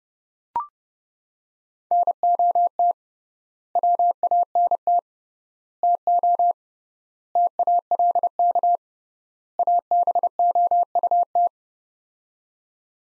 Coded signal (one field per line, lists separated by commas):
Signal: Morse code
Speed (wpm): 32 wpm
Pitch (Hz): 700 Hz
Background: none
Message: NOT WANT TO TALK ABOUT